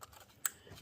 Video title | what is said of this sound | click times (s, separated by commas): 2014 Jeep Grand Cherokee Oil Cooler and Spark Plug Replacement - Step-by-Step DIY Guide | here push confirm to click | 0.5 s